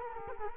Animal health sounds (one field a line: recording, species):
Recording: mosquito wingbeat signal from an infrared sensor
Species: Culex quinquefasciatus